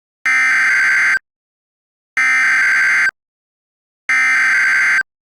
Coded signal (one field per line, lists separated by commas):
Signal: Emergency Alert System (SAME) tones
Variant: header bursts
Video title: Florida Tornado EAS SCENARIO | DISNEY IN DANGER| Pt 1